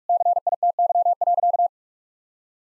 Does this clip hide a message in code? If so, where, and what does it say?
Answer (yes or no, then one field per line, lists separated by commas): yes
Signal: Morse code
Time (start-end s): 0.1-1.7 s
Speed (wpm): 46 wpm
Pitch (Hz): 700 Hz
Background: none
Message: CITY.